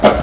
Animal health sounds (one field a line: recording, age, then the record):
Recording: pig call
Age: growing-finishing pig (85 days or more)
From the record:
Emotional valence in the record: positive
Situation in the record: run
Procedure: transit